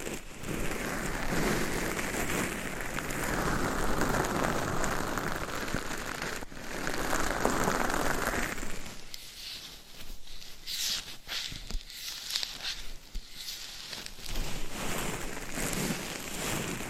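Dense scratching rubs against a dummy head microphone cover, a thick, rough rustle for the first nine seconds that sounds much like heavy rain. After that the texture thins into brighter, sparser scratches with short bursts and gaps, swelling again near the end.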